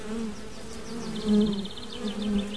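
A steady, low droning buzz of bees swells and fades in loudness, while a faint, rapid series of high-pitched ticking chirps runs through the second half.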